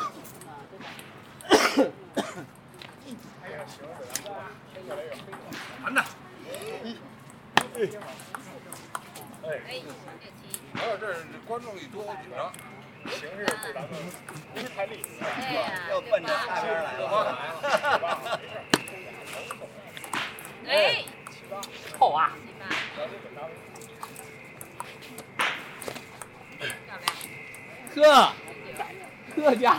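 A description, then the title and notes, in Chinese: At Ditan in Beijing, people chatter as sharp clicks and knocks ring out often, and a steady high whine enters midway. 北京地坛。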